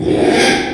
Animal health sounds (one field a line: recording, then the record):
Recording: squeal of a Yucatan mini pig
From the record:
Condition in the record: after surgery on the right vocal fold (resection and tissue-engineered implant)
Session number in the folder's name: 3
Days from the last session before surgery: 33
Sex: male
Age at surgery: 12 weeks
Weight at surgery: 13 kg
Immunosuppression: cyclosporine, prednisolone